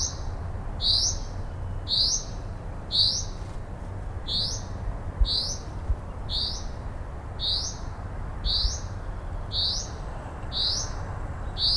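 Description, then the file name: Common Chaffinch giving a short rising whistled note about once every second, steady and insistent, over a low rumbling background hum. "Fringilla coelebs"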